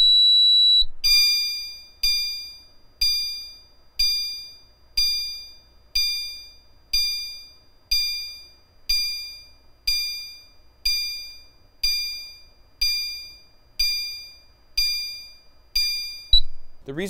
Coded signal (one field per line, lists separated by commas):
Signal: none